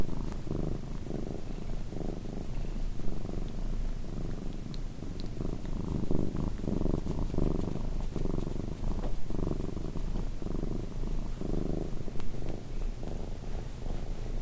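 Cat purring in a low throaty drone that swells and eases with each breath.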